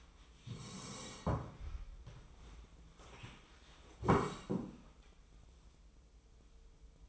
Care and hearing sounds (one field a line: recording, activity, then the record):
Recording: daily activity, microphone in the room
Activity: sit down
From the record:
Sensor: 1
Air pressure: 1005.2 hPa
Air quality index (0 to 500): 124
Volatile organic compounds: 5 ppm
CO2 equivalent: 1745 ppm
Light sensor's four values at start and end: 11/26/10/11 and 11/27/11/12